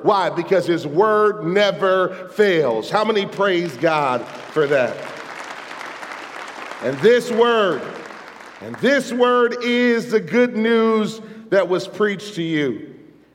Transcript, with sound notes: Because His Word never fails! How many praise God for that!? (applause)
And this Word is the good news that was preached to you,